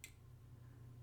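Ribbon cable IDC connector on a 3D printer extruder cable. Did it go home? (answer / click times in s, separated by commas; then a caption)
yes / 0.0 s. The locking cover of a 10-pin insulation-displacement connector is squeezed, by hand or with pliers, onto a flat ribbon cable for the extruder of an OSC Flex 1 3D printer. A single sharp snap sounds at 0.0 s, followed by a steady low hum. The connector clicks shut and is seated.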